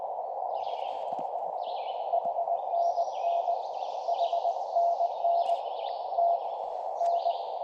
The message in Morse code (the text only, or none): HNN HNN T N